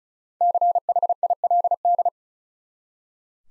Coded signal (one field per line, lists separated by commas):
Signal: Morse code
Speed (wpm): 34 wpm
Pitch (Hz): 700 Hz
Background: none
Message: CHILD